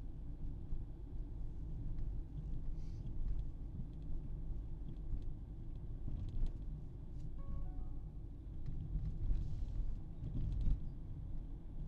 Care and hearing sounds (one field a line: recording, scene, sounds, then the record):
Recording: everyday scene through a hearing-aid microphone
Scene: in a vehicle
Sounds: engine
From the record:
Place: Berlingo II, diesel engine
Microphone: in the ear canal, right